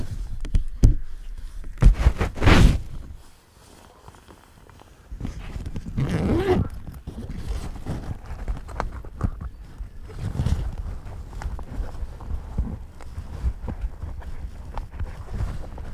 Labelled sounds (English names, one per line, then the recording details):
Spotted Crake
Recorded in the wild
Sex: male
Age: adult
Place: Kützerhof, Kummerower See, Mecklenburg-Vorpommern, DE
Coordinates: 53.8511, 12.8772
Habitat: wetland
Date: 2008-05-13 23:43
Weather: ca. 10°C, fast windstill, zunehmender Mond
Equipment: Sound Devices 702, Sennheiser MKH 70, Windkorb
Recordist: Frommolt, Karl-Heinz